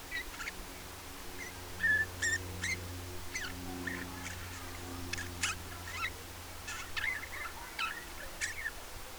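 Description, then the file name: Eurasian bullfinch with three soft piping whistles early on, accompanied by a low droning hum and scattered sharp clicks. "Pyrrhula pyrrhula"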